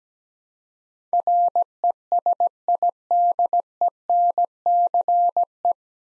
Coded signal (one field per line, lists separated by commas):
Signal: Morse code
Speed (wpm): 17 wpm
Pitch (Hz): 700 Hz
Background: none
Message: RESIDENCE